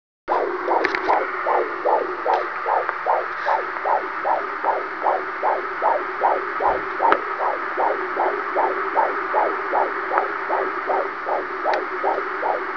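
A rapid heartbeat: steady, evenly spaced pulses at about 150 a minute, each a soft mid-pitched whoosh rather than a deep thump, over a constant background hiss. The rhythm is regular.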